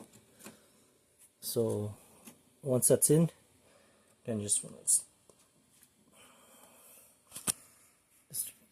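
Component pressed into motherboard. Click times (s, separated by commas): 7.5 s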